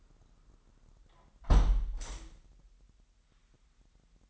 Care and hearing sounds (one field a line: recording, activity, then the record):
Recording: daily activity, microphone in the room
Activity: close window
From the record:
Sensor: 3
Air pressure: 998.5 hPa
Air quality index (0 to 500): 139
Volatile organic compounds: 4 ppm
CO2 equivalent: 1666 ppm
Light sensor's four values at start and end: 8/20/8/9 and 8/20/8/9